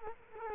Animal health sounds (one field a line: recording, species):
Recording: mosquito wingbeat signal from an infrared sensor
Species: Culex quinquefasciatus